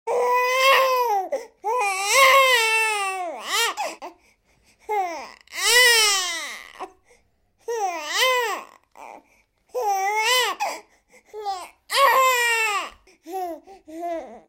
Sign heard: Infant Baby Cry.